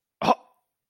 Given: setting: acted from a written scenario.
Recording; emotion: vocal sound without words; anger